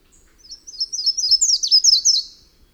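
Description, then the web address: Bird song, a fast high twittering run of thin, sliding notes lasting about two seconds. Costa Rican cloud forest. "Birds of the Costa Rican Cloud Forest"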